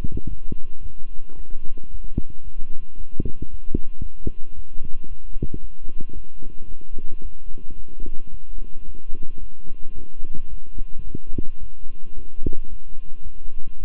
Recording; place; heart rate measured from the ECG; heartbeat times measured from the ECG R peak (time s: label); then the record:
heart sounds by stethoscope; between the tricuspid and mitral areas; 111 bpm
0.28 s: heartbeat
0.81 s: heartbeat
1.36 s: heartbeat
1.89 s: heartbeat
2.43 s: heartbeat
2.96 s: heartbeat
3.49 s: heartbeat
4.01 s: heartbeat
4.54 s: heartbeat
5.07 s: heartbeat
5.60 s: heartbeat
6.13 s: heartbeat
6.67 s: heartbeat
7.21 s: heartbeat
7.75 s: heartbeat
8.30 s: heartbeat
8.84 s: heartbeat
9.39 s: heartbeat
9.94 s: heartbeat
10.49 s: heartbeat
11.03 s: heartbeat
11.59 s: heartbeat
12.14 s: heartbeat
12.68 s: heartbeat
13.22 s: heartbeat
13.77 s: heartbeat
From the record:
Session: walking at 3.7 km/h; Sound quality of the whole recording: good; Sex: male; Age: 26 years